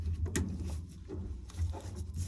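A wiring harness connector is pushed into a new lid switch on a GE washer, which was replaced because the washer was not washing, spinning or draining. The connector only fits one way, and it seats with a sharp click at 0.4 s over a low background rumble and faint handling sounds. The connector is confirmed plugged in.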